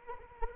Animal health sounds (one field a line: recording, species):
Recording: mosquito wingbeat signal from an infrared sensor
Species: Anopheles arabiensis